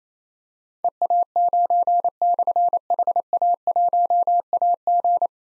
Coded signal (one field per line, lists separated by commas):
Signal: Morse code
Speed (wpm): 27 wpm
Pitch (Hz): 700 Hz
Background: none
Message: EA9/HA1AG